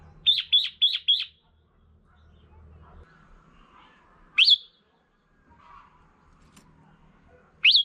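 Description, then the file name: Red-whiskered bulbul calling: a rapid run of four whistled notes, then two single sharp notes several seconds apart, over low background noise. Female bird. "Tieng chao mao mai"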